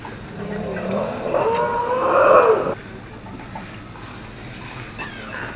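Elephant call, a loud harmonic, wavering cry that rises and swells for about two seconds before cutting off, followed by quiet background.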